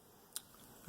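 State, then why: Seated. A new pleated cabin air filter is pushed down into the plastic filter housing of a Volkswagen Golf/Jetta mk4 so its front tabs snap into their slots. A short, sharp high-pitched click comes at 0.4 s, followed by a louder, lower-pitched thump at the very end. The filter is confirmed seated with the front tabs in their slots.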